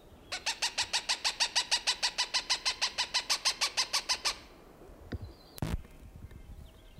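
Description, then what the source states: Cooper's hawk giving a long, steady series of harsh cackling notes for four seconds, followed by a couple of brief knocks or clicks. Recorded June 21, 1995.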